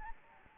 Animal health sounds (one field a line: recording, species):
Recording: mosquito wingbeat signal from an infrared sensor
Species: Anopheles gambiae